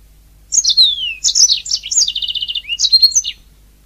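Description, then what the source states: Oriental magpie-robin singing one continuous phrase of high whistles, slurred downward notes and a fast stuttering series of chips. Kacer song.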